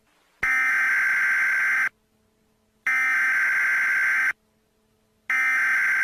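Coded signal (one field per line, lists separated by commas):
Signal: Emergency Alert System (SAME) tones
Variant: header bursts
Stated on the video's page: Fictional EAS scenario warning about entities in the game GoreBox.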